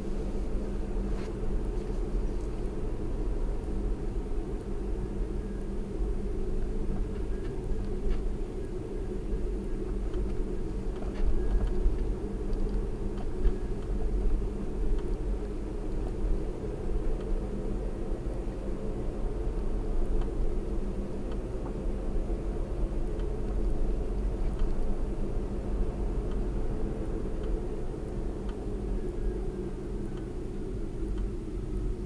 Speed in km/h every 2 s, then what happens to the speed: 48, 44, 42, 44, 44, 44, 44, 47, 50, 50, 52, 52, 52, 47, 40, 32.
0-12 steady at about 44. 12-18 speeds up to 50. 18-24 steady at about 52. 24-32 slows to 32.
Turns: none.